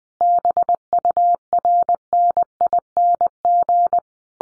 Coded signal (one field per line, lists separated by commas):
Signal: Morse code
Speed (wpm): 20 wpm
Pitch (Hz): 700 Hz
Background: none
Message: BURNING